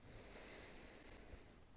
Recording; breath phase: one breath near a microphone; inhalation